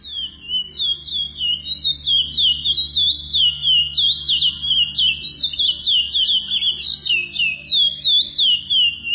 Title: Canto De Curio